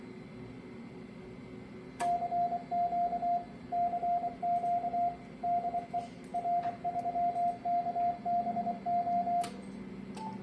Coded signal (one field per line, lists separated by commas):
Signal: Morse code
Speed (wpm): 25 wpm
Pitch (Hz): 700 Hz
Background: radio noise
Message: CQ CQ DE R3KBO